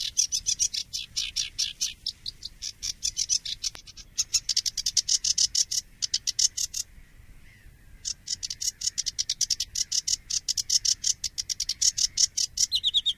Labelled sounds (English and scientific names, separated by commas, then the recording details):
Sedge Warbler (Acrocephalus schoenobaenus) song
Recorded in the wild
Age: adult
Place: Moorweiher bei Adelsdorf, Bayern, DE
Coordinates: 49.7394, 11.9222
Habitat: pond
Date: 1961-05-31
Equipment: Stellavox SM 4, Original, Vollspur
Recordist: Tretzel, Erwin